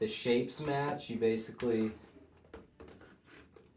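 A battery pack is lined up with the matching shapes on a portable oxygen concentrator and slid on while someone talks, followed by a few soft handling knocks around 2.5, 2.8 and 3.6 seconds. This is the sliding and aligning before the push, so nothing has clicked or beeped yet.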